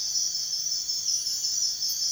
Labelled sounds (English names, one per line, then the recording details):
none
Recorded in secondary vegetation near Puerto Asís, Putumayo, Colombia, on 29 June 2025 at 04:30
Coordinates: 0.498, -76.327
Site GP09